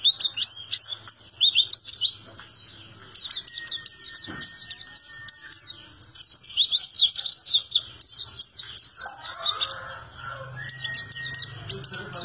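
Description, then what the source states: White-eye pouring out a long, fast, high-pitched twittering song of rapid chirps with short pauses, and a faint low rumble beneath. Long, melodious song.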